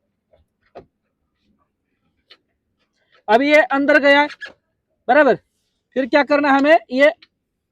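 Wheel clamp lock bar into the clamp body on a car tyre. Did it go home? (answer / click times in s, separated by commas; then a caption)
no / none. A wheel clamp lock bar is being handled into the body of a metal wheel clamp (tyre lock) fitted on a car tyre, with a few faint taps early on. Someone talks through most of the clip. Nothing has seated or clicked yet; the clip ends before the lock bar goes home.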